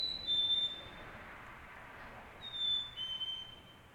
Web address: Articulated Sounds - Nature in the City. AMB SUBURB Solo Bird Call, Early Morning, Distant Traffic Passbys, Montreal, Canada